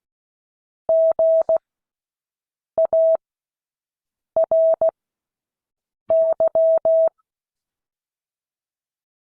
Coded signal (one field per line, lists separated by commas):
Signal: Morse code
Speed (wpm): 16 wpm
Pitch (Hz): 650 Hz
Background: none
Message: GARY